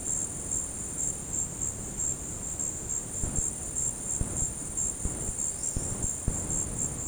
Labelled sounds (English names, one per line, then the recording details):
none
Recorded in dense forest near Puerto Asís, Putumayo, Colombia, on 20 February 2024 at 15:00
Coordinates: 0.486, -76.316
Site G6437